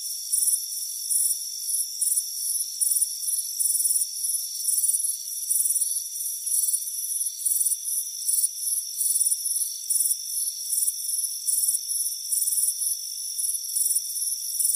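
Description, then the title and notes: Crickets chirping in rapid high pulsed bursts, about twice a second, over a steady shrill background hum. Warm afternoon on a front porch. "Soothing Crickets Chirping Sound. It's a warm afternoon as you relax in a hammock on the front porch. Relax and fall asleep to the soothing sound of chirping crickets"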